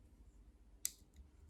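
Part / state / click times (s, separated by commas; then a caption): folding blade locking open in a stainless multitool handle / seated / 0.9 s. A folding blade on a Leatherman Wave+ Black Oxide multitool is opened in its stainless handle until the liner lock engages with a sharp metallic click at 0.9 s, locking the blade open. A fainter tick follows at 1.5 s over a low background hum.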